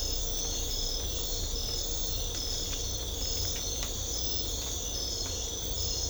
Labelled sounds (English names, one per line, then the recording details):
none
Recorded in secondary vegetation near Puerto Asís, Putumayo, Colombia, on 18 December 2024 at 04:00
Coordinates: 0.500, -76.326
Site G065